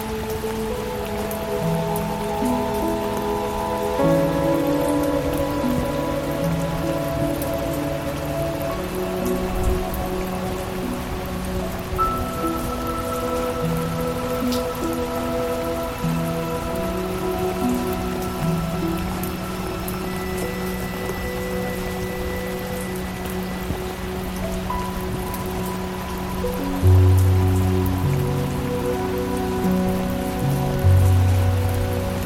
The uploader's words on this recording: The gentle patter of raindrops outside your window. The ethereal sounds of calming music softly intertwine with the rain. Rain Sounds.